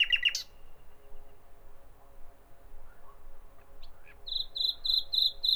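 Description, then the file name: Common nightingale song: a short rich burst opens, followed by quiet scattered notes and a closing run of evenly spaced, clear repeated notes. "Nachtigall"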